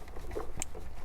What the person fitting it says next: yeah here's a snap